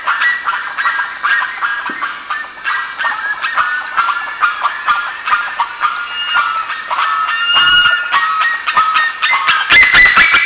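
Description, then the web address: Birds calling together, a continuous babble of honks that builds toward the end with sharper, louder cries in the final seconds. "BIRD 2015 SABIOD 50 bird 2015"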